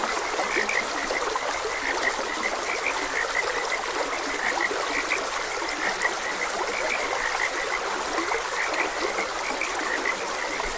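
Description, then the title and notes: Many frogs croak at once in an unbroken, pulsing chorus of short notes, mixed with the loud, constant trickle of a stream. Frogs croaking beside a gentle stream. "Frogs Croaking. Sleep and Relaxation Podcast"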